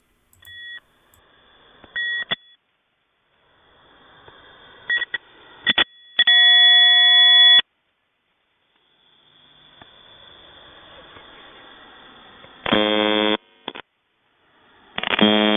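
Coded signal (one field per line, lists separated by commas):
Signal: channel marker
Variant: UVB-76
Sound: steady high tones and a brief chord, then short harsh buzzes over radio hiss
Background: radio static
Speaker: I'd like to take a few uh clips here of uh UVB-76 operators and how that they've uh basically uh dealt with pirates interfering on 4625 kHz.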